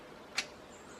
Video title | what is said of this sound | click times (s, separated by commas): Abba Patio Umbrella💥LED Solar Lights Tilt & Crank 👈 | could maybe hear it clicks into place | 0.4 s